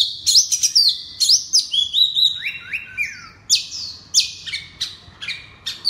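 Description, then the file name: Oriental magpie-robin in loud, fast song: clear whistles and slurred notes tumbling one after another with little pause. Loud song style called ngeplong keras in Indonesian (kacer). "suara kacer ngeplong keras"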